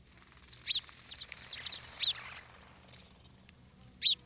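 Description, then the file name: House sparrow chirps: a quick flurry of short, bright cheeps over about two seconds, then a pause and one more loud chirp near the end. "Passer domesticus"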